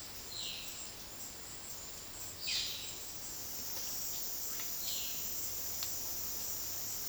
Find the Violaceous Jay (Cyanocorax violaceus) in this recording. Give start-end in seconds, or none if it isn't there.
0.15-5.27